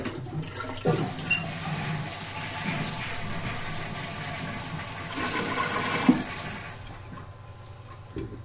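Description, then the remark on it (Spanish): A toilet flushes with a long, steady rush of churning water and a few gurgling surges, then the noise drains away and quiets near the end. No voices. “la tiró por el retrete.”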